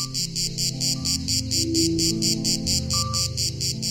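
A grey cicada (Cicada orni), a 3–4 cm insect of southern France, sings in a fast, even series of buzzing pulses, loud and high-pitched, repeating steadily about four times a second over a low, sustained tonal drone.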